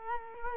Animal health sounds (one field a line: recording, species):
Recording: mosquito wingbeat signal from an infrared sensor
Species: Culex quinquefasciatus